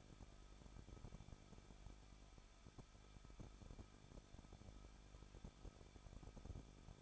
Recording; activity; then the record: daily activity, microphone in the room; no activity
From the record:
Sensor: 5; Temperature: 20.8 degrees Celsius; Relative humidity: 38.3%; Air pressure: 1006.6 hPa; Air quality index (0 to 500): 185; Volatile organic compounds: 17 ppm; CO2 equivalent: 2593 ppm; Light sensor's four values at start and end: 2/3/1/1 and 2/3/1/1